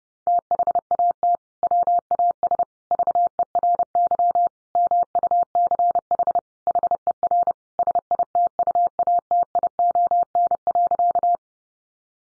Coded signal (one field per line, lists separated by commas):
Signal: Morse code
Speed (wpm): 30 wpm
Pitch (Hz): 700 Hz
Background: none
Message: THAT WAS VERY MUCH HER SITUATION.